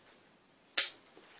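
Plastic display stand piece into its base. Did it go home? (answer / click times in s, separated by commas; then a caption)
yes / 0.8 s. A plastic display stand piece is set in place and pressed into its base, giving a single sharp, bright snap at 0.8 s against a near-silent background. The part clips home and is seated.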